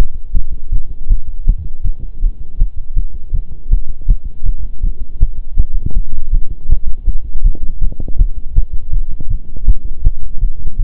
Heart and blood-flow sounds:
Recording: heart sounds by stethoscope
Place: between the tricuspid and mitral areas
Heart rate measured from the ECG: 161 bpm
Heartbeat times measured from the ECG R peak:
0.34 s: heartbeat
0.72 s: heartbeat
1.10 s: heartbeat
1.47 s: heartbeat
1.84 s: heartbeat
2.22 s: heartbeat
2.60 s: heartbeat
2.96 s: heartbeat
3.34 s: heartbeat
3.71 s: heartbeat
4.08 s: heartbeat
4.45 s: heartbeat
4.83 s: heartbeat
5.21 s: heartbeat
5.58 s: heartbeat
5.95 s: heartbeat
6.33 s: heartbeat
6.70 s: heartbeat
7.08 s: heartbeat
7.44 s: heartbeat
7.82 s: heartbeat
8.19 s: heartbeat
8.56 s: heartbeat
8.93 s: heartbeat
9.30 s: heartbeat
9.67 s: heartbeat
10.05 s: heartbeat
10.41 s: heartbeat
10.79 s: heartbeat
From the record:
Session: pedaling a stationary bicycle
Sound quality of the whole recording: partially saturated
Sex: male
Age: 23 years

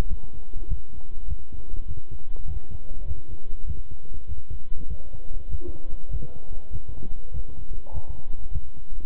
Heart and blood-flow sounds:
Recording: heart sounds by stethoscope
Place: between the tricuspid and mitral areas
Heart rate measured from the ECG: 100 bpm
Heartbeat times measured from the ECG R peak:
0.07 s: heartbeat
0.67 s: heartbeat
1.26 s: heartbeat
1.86 s: heartbeat
2.45 s: heartbeat
3.05 s: heartbeat
3.65 s: heartbeat
4.26 s: heartbeat
4.87 s: heartbeat
5.48 s: heartbeat
6.09 s: heartbeat
6.70 s: heartbeat
7.31 s: heartbeat
7.91 s: heartbeat
8.50 s: heartbeat
From the record:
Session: walking at 3.7 km/h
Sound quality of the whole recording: good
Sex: male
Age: 26 years

